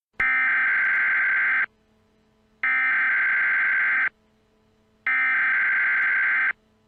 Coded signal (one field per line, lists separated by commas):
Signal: Emergency Alert System (SAME) tones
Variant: header bursts